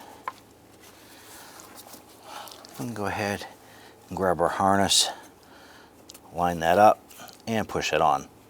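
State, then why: Not seated. A wiring harness connector is lined up and pushed toward the new power steering pressure switch on a 2002–2008 Dodge Ram 1500 while someone talks. A few faint, sharp handling taps are heard, and the connector has not yet snapped into place; nothing has seated or clicked.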